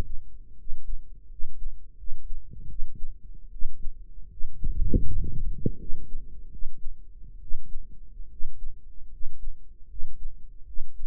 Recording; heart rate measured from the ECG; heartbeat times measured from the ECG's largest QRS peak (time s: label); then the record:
heart sounds by microphone in the right ear; 77 bpm
0.54 s: heartbeat
1.27 s: heartbeat
1.95 s: heartbeat
2.66 s: heartbeat
3.49 s: heartbeat
4.27 s: heartbeat
5.01 s: heartbeat
5.76 s: heartbeat
6.48 s: heartbeat
7.38 s: heartbeat
8.27 s: heartbeat
9.08 s: heartbeat
9.86 s: heartbeat
10.64 s: heartbeat
From the record:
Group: healthy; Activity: cold pressor test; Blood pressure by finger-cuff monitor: 116/76 mmHg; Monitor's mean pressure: 87 mmHg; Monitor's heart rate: 81 bpm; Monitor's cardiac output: 5.8 L/min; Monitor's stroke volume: 74 mL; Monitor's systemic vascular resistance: 1040 dyn s/cm5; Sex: male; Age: 21 years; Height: 170 cm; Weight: 71 kg